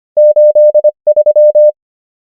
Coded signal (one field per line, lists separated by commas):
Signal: Morse code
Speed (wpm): 25 wpm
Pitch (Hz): 600 Hz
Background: none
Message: 8 3